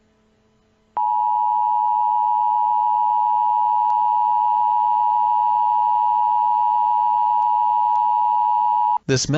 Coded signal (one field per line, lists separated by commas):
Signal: Emergency Alert System (SAME) tones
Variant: 853 and 960 Hz attention tone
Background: speech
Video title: EAS Scenario 24: Korean attack Minneapolis